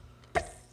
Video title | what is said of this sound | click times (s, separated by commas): January 5, 2019 | as ta range qu'elle et les petites dents soit enclenché une fois c'est bien enclenché ce | 0.4 s